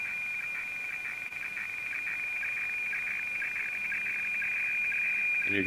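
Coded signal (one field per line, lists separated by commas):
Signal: weather fax (radiofax)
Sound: steady high whistling tone with a rapid scratchy warble beneath, ending in a short burst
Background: radio static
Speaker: so I'll just go ahead and and realign it and you can see the uh the no symbol up here in the top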